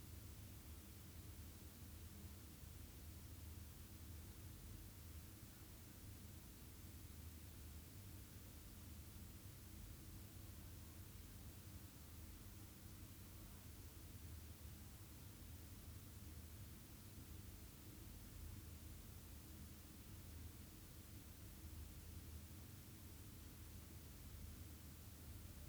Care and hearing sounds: daily activity, guitar pickup as the sensor; stand

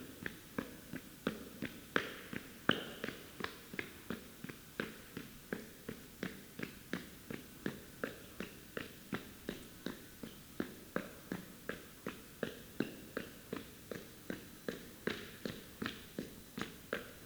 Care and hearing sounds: daily activity, guitar pickup as the sensor; run

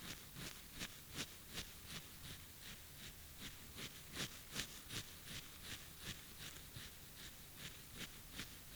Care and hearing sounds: daily activity, guitar pickup as the sensor; brush teeth

